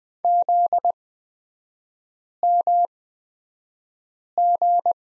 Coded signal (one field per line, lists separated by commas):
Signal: Morse code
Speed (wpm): 20 wpm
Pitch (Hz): 700 Hz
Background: none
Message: ZMG